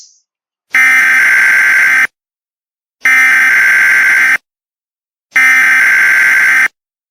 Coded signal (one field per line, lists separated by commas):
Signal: Emergency Alert System (SAME) tones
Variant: header bursts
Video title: EAS Scenario. 1st Day. Day II eas,emergency alert system,eas scenario,eas mock,mock